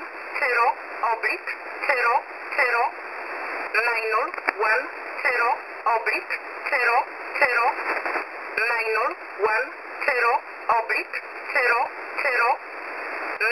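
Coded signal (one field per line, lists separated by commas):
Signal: numbers station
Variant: E11 Oblique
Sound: short, evenly spaced spoken words, like numbers read one by one, over radio hiss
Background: radio static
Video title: E11 Oblique 02/12/2023 1430 UTC 13363kHz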